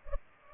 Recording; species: mosquito wingbeat signal from an infrared sensor; Culex pipiens